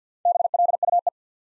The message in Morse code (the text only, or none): BLUE